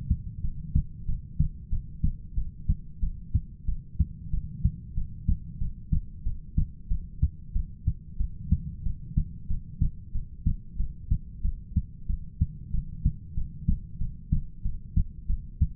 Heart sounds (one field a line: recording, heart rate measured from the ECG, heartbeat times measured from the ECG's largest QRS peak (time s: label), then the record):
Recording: heart sounds by stethoscope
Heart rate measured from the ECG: 93 bpm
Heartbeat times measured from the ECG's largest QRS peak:
0.42 s: heartbeat
1.07 s: heartbeat
1.71 s: heartbeat
2.36 s: heartbeat
3.01 s: heartbeat
3.66 s: heartbeat
4.32 s: heartbeat
4.96 s: heartbeat
5.60 s: heartbeat
6.24 s: heartbeat
6.89 s: heartbeat
7.54 s: heartbeat
8.18 s: heartbeat
8.84 s: heartbeat
9.49 s: heartbeat
10.13 s: heartbeat
10.78 s: heartbeat
11.43 s: heartbeat
12.08 s: heartbeat
12.72 s: heartbeat
13.36 s: heartbeat
13.99 s: heartbeat
14.64 s: heartbeat
15.28 s: heartbeat
From the record:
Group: heart failure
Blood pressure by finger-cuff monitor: 92/57 mmHg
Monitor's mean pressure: 69 mmHg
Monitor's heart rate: 92 bpm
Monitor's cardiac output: 7.9 L/min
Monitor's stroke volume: 86 mL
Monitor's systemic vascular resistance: 620 dyn s/cm5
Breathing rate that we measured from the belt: 14 breaths a minute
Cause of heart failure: ischemic heart disease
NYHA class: 1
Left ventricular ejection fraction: 38%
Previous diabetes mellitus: present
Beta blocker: bisoprolol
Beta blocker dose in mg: 15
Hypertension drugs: sacubitril-valsartan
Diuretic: furosemide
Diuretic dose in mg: 20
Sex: male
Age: 33 years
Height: 172 cm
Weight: 78.5 kg